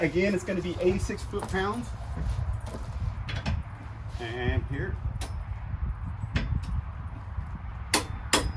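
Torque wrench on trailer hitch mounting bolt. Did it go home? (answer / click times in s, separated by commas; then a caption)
yes / 7.9 s, 8.3 s. A torque wrench set to 86 ft-lb tightens a trailer hitch mounting bolt under the car while someone talks. A few faint ticks sound along the way, then the wrench gives two sharp clicks at 7.9 s and 8.3 s, confirming the bolt has reached the setting.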